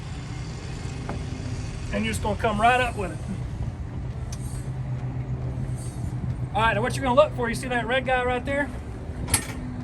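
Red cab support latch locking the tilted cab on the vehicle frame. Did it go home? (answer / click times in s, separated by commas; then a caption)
yes / 9.3 s. After two nuts are removed, a vehicle cab is tilted up while someone talks over a steady low hum. At 9.3 s the red cab support latch locks the raised cab onto the vehicle frame with a sharp metallic clunk, confirming it has seated.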